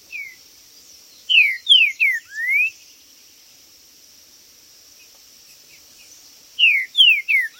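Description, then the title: Green-winged saltator song: a loud phrase of falling slurred whistles ending in a rising note, repeated after a quiet gap, over a constant high insect hum. Trinca-ferro chirping, singing and macheando (territorial male calling) in a contest; video intended to stir up and provoke a listening trinca-ferro. "Esse É PERFEITO Para ESQUENTAR Seu TRINCA Piando, Cantando E Macheando Na DISPUTA. O MELHOR VÍDEO de TRINCA FERRO que VOCÊ VERÁ em 2025! Cantando e MACHEANDO!!"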